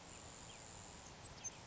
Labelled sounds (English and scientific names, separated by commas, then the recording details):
Grasshopper Sparrow (Ammodramus savannarum)
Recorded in Sonoma County, California